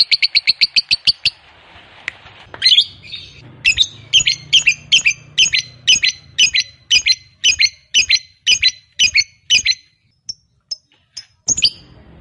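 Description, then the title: Lovebird: a short burst of fast chatter, then harsh, high squeaky notes repeated about twice a second, thinning to scattered calls near the end. Fighter-type lovebird; the recording features its long ngekek (ngekek panjang). "Begitu Dengar Suara Lovebird FIGHTER NGEKEK PANJANG"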